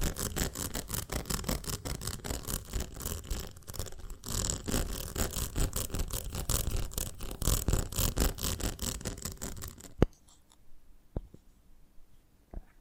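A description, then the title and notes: Crisp crackling and scratching over a honeycomb on a branch, a dense run of tiny clicks and rasps that stays steady for about ten seconds. A sharp tap ends it, leaving near silence with two isolated clicks near the end. ASMR of a Honeycomb on Branch (No Talking).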